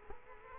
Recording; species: mosquito wingbeat signal from an infrared sensor; Culex quinquefasciatus